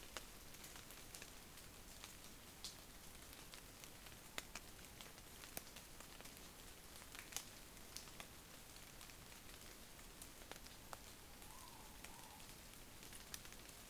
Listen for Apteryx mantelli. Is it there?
no